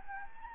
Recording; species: mosquito wingbeat signal from an infrared sensor; Anopheles gambiae